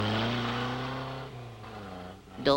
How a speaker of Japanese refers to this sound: うわっ、は、車だ。